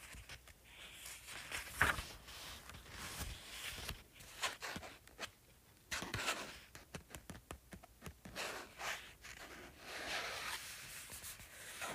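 A paperback book is tapped and scratched with irregular, crackly scrapes and brief taps. Short bursts of dry, bright rustling come every second or so, with a sharper tap near two seconds and a quieter pause around five to six seconds.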